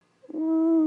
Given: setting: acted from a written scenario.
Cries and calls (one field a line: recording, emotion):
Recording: vocal sound without words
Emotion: fear